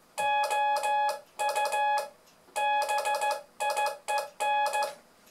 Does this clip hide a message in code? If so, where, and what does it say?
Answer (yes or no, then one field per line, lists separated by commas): yes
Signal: Morse code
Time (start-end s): 0.2-4.8 s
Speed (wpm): 15 wpm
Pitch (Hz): 840 Hz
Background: none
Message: OU BIEN